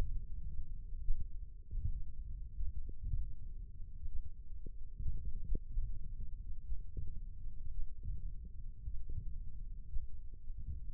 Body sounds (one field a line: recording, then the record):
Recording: forearm muscle sounds (acoustic myography)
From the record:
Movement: index flexion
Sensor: system 1, eight BSWA MPA416 microphones around the upper forearm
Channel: 2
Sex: male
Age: 20 years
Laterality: left